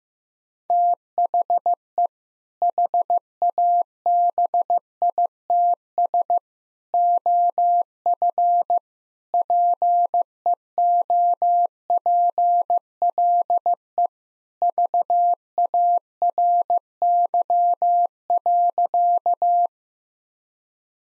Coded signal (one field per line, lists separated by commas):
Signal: Morse code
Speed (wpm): 16 wpm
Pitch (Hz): 700 Hz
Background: none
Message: THE HABITS OF PEOPLE VARY.